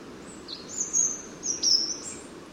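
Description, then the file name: European Robin delivering high, thin sustained whistles with a short dipping note and a final sliding tone, over a steady hiss of background noise. "Erithacus rubecula"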